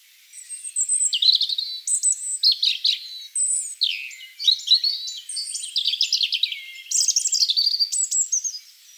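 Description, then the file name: European robin song: a continuous run of varied, high, thin phrases, sweeping notes and short trills, each quick and different. "Erithacus rubecula"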